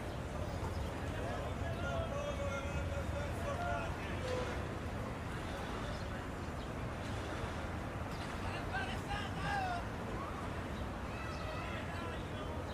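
A busy plaza in Italy, with a constant blend of Italian conversation from many voices over a steady low rumble of traffic. The crowd noise stays dense and even throughout, with brief clearer voices around four and nine to ten seconds.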